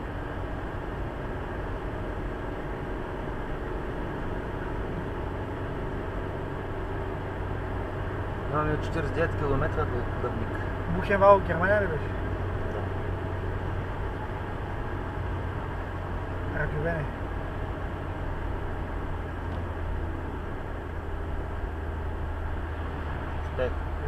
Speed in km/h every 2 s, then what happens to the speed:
85, 86, 88, 88, 88, 88, 87, 85, 82, 80, 75, 74.
0-13 steady at about 88. 13-24 slows to 74.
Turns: none.